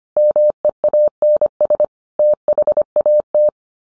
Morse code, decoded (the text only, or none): MEANS THAT